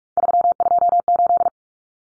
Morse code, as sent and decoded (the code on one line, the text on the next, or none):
...-- ..--- ---..
328